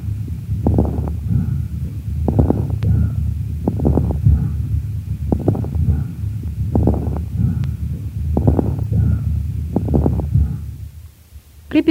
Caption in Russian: На высоте вдоха, когда происходит расправление пораженных альвеол, возникает особый звук, напоминающий нежный треск. Крепитация, в отличие от хрипов, не изменяется после покашливания.